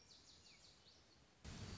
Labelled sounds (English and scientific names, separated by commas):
Lazuli Bunting (Passerina amoena)